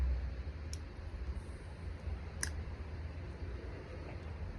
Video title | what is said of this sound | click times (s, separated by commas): The Simple Fix that Brought My Exmark Lazer Z BACK TO LIFE! (Electrical Mystery Solved) | Snaps back into place. | 0.7 s, 2.4 s